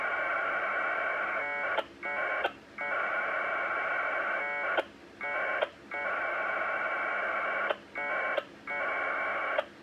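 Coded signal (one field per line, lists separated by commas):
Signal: packet radio (AX.25, as in APRS)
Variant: 1200 baud Bell 202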